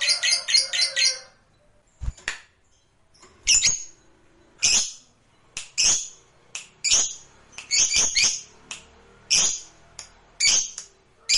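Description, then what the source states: Lovebird call series, a quick chattering burst, then harsh squawks and chirps at irregular intervals. Lovebird sound used to stimulate other lovebirds.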